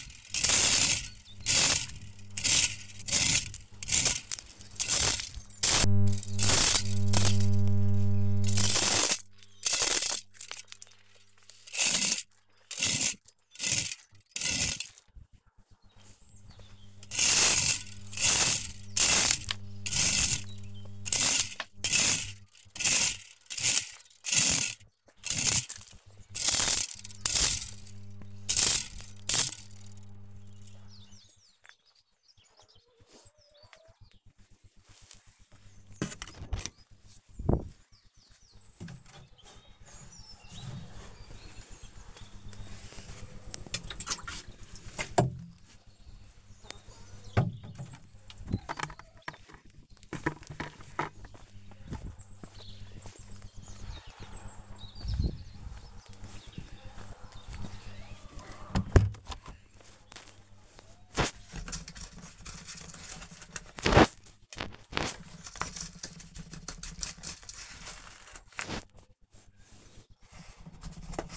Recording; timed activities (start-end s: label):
household activities, microphone on the right wrist
0.00-46.91 s: feeding the chickens
68.04-71.37 s: feeding the chickens